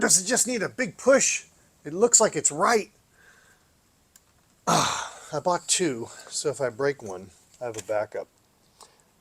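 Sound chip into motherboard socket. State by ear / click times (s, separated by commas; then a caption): partly seated / 8.8 s, 9.0 s. A replacement sound chip is pressed into its socket on a computer motherboard while someone talks. Two short clicks follow at 8.8 and 9.0 seconds, yet the chip is still not fully seated in the socket.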